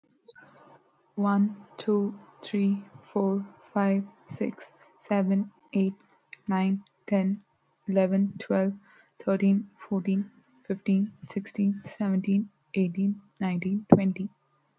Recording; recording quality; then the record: counting at a normal pace; excellent, no background noise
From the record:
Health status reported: respiratory illness, not identified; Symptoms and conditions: none ticked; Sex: female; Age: 22 years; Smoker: not ticked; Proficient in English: yes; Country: India